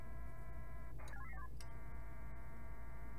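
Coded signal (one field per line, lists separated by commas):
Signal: HF data modem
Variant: VARA HF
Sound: dense multi-tone chord, brief hiss burst, quick rising-falling beep steps, chord resumes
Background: low hum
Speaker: it always sends the messages in your outbox first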